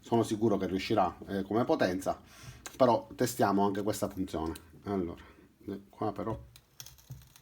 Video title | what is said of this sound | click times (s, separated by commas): Recensione martello perforatore ENKHO professional a batteria. Eurospin. Trapano a percussione 20V. | ook moeilijk. moeilijk om de bit in te voegen. klikt niet in naar voren. | none